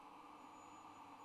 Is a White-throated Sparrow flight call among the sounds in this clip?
no